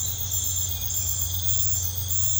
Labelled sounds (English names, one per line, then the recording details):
none
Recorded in pastures near Puerto Asís, Putumayo, Colombia, on 15 December 2024 at 03:30
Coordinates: 0.502, -76.324
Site G077